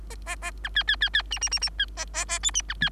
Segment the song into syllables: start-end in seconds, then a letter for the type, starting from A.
0.10-0.16 A, 0.26-0.36 A, 0.42-0.51 A, 0.64-0.70 B, 0.75-0.83 C, 0.87-0.96 C, 1.01-1.09 C, 1.13-1.22 C, 1.30-1.39 D, 1.41-1.49 D, 1.51-1.59 D, 1.61-1.70 D, 1.78-1.86 C, 1.97-2.05 A, 2.13-2.25 A, 2.28-2.39 A, 2.42-2.51 E, 2.54-2.62 D, 2.68-2.74 B, 2.81-2.90 C